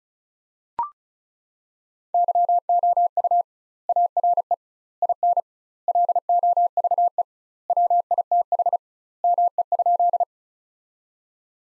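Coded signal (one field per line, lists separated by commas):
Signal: Morse code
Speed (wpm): 34 wpm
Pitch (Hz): 700 Hz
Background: none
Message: YOU ARE IN LOVE WITH ME?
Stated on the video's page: Morse practice sentences from the top 400 words at 35 wpm, sent with 2x standard word spacing, a Farnsworth-like method applied to words.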